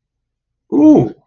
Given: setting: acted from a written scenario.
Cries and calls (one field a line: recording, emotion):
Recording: vocal sound without words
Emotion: positive surprise